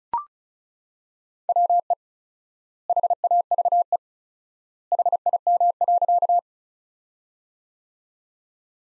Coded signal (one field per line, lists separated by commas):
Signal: Morse code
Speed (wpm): 36 wpm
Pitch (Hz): 700 Hz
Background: none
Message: WE HAVE HIM.